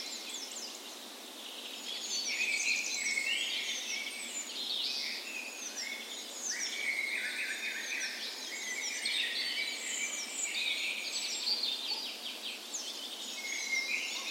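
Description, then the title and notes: Many songbirds in a dawn chorus, quieter at first, then a dense wash of sharp chirps, whistles and trills. Dawn chorus on the morning of 17 May, Norway's National Day, in a park west in Bergen, Norway, in full spring; Sony PCM A10 recorder with LOM Usi microphones as tree ears. "17th Of May Dawn Chorus. Recorded on the morning of Norways National Day the 17th of May in a park west in Bergen. Spring is in full effect, and the dawn chorus sounds wonderful!"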